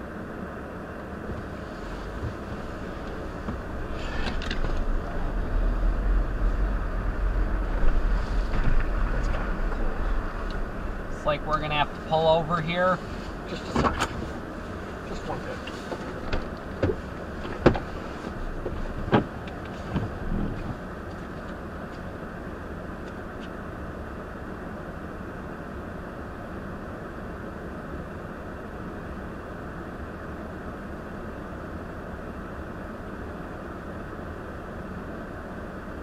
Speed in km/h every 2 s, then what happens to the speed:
0, 0, 15, 16, 13, 6, 0, 0, 0, 0, 0, 0, 0, 0, 0, 2, 2, 2.
0-3 standing. 3-5 pulls away to 16. 8-11 brakes to 0. 11-36 standing.